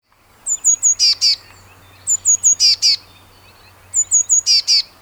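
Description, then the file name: Eurasian blue tit calling: three thin, high piping notes followed by two harsh buzzy bursts, the phrase repeated three times about every two seconds over a faint low hum. "Cyanistes caeruleus"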